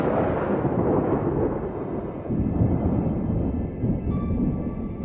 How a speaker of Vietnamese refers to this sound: Chân trước vừa bước vào, chân sau vẫn ở ngoài thì đã nghe sau lưng sấm rền vang, mưa đổ ập xuống.